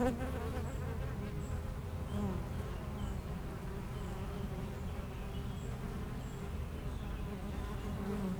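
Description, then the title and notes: Honey bees buzzing in a steady, dense drone with wavering hums from many bees at once, faint high bird chirps scattered above. Between two hives of an apiary garden in Aix-les-Bains, France; bees foraging, making constant trips to flowers; some birds in the neighbouring wood. "41 Chem. de Memard, 73100 Aix-les-Bains, France - Les abeilles. Entre deux ruches du rucher du jardin vagabond à Aix-les-bains les abeilles sont en pleine collecte et font d'incessants aller retour vers les fleurs, quelques oiseaux dans le bois voisin"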